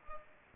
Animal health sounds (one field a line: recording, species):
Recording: mosquito wingbeat signal from an infrared sensor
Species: Culex pipiens